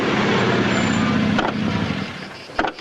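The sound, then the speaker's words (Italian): A car's steady engine and road rumble gradually ease off and quiet down as the vehicle slows and pulls over to the roadside, stopping with a brief knock or clunk. “Andiamo piano, sì, aspetta che adesso accosto.”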